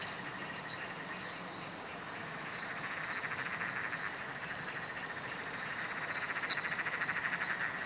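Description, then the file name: Frog chorus of repeated high notes over a continuous pulsed trill that grows louder toward the end. Several frogs calling in chorus at night under a bridge, Royal National Park. "nocturnal frog chorus under a bridge royal national park"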